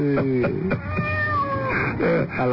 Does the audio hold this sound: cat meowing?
yes